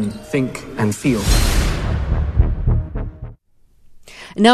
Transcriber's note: soundbite of whoosh sound